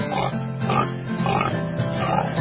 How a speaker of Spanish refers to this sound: Escucho al perro. Escucho al gato, a la gallina, también al chancho,